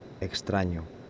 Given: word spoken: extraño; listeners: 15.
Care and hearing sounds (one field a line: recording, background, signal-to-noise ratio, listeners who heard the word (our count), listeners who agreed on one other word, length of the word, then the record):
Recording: one Spanish word in noise, from a listening test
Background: speech-shaped noise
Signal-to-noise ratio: 16.4 dB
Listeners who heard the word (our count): 4 of 15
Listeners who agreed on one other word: 10 of 15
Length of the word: 0.70 s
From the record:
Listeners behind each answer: 10, 4, 1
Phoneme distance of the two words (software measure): 10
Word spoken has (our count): 3 syllables, 8 phonemes, stress on syllable 2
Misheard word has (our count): 3 syllables, 8 phonemes, stress on syllable 2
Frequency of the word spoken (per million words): 49.83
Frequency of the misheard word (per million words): 0.01